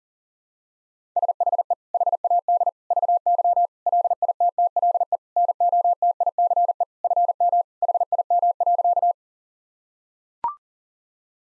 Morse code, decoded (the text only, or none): SHE HAD VY LITTLE NOTICE FM HIM.